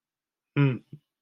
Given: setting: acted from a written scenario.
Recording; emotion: vocal sound without words; shame